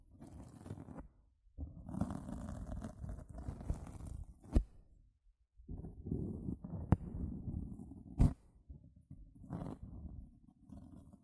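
Sponge sounds: rough scratching and squishing strokes come in bursts, each lasting a second or two, with short silent gaps between them. The rubbing is mostly low and dense, with hissy upper edges, and sharp clicks snap through near 4.5, 7 and 8 seconds.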